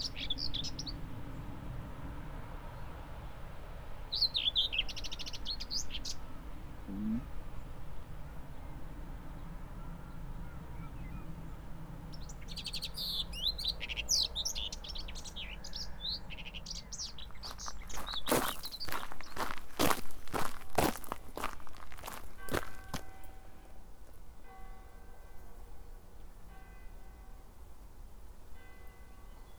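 Footsteps on a walk along the East Devon Way, with a steady low rumble of movement and wind throughout. Birds chirp in short bursts near the start and around 13–16 seconds, then a run of sharp crunching steps from 18 to 23 seconds before quieter, scattered high tones.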